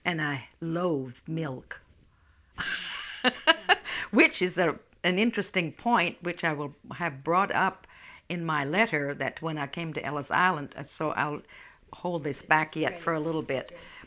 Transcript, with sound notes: and I loathed milk. ( she laughs ) Which is an interesting point, which I will have brought up in my letter, that when I came to Ellis Island I saw, I'll hold this back yet for a little bit.